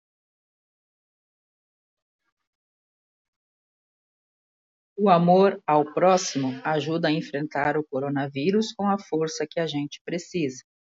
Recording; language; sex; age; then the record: spoken sentence; Brazilian Portuguese; female; 50 to 59 years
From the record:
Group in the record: control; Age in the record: 56 years